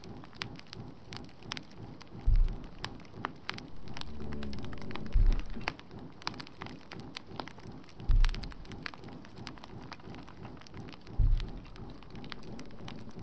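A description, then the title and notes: A fireplace crackles with dense, constant popping over a low rumble, while a heavy thud lands about every three seconds, like machinery turning. Fireplace and castle sounds. Immerse yourself in the rhythmic machinery hum and the castle's gentle, lumbering steps echoing through the calm night.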